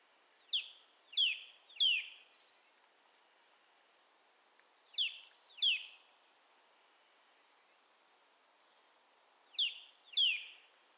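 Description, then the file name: Eurasian nuthatch calls: several quick downslurred notes in groups at the start, middle and end, with a high pulsing trill overlapping in the middle. "Sitta europaea"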